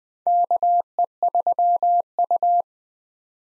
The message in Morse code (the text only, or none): KE3U